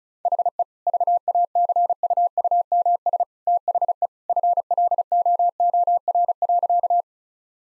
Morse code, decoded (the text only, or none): HE VACUUMS THE FLOOR.